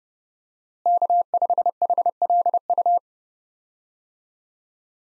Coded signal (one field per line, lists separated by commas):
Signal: Morse code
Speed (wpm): 31 wpm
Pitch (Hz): 700 Hz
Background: none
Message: K5HLU